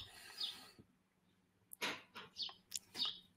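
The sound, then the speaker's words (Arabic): Sparrows chirp through an open window in a quick, irregular run of short, bright, high-pitched calls, with a brief pause early on before a cluster of sharp chirps follows. No voices are heard. “طيب، اللي بقول لك خلي شباك مفتوح، صوت العصافير جميل، وأيد، خلينا في أجواء طبيعية.”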